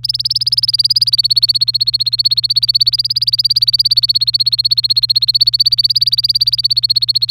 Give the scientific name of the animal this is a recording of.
Serinus canaria